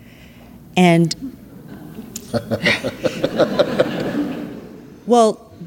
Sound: laughter

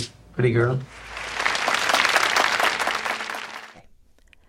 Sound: applause

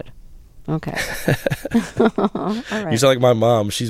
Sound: soundbite of laughter

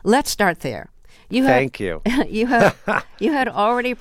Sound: laughter

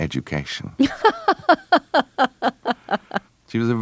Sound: soundbite of laughter

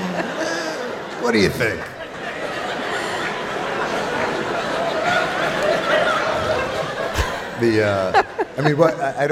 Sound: soundbite of laughter

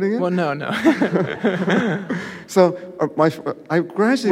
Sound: laughter

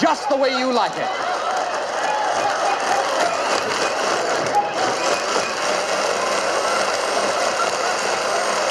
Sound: soundbite of blender whirring

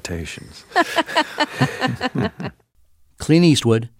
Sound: laughter

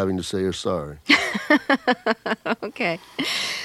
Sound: laughter

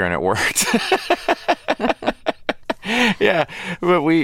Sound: laughter

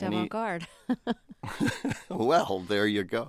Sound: laughter

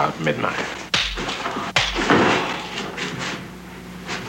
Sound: soundbite of slapping

